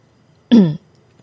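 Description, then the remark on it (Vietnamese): A man clears his throat: a single short, voiced throat clearing, like an "ahem," moderately loud, its pitch sliding downward. It stands alone, with near silence before and after. “anh không cần cô trả lời nữa, khẽ hắng giọng mấy cái.”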